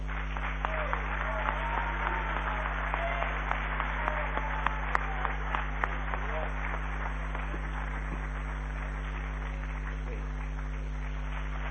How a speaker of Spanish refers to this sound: ¡Aplauso para Gaby!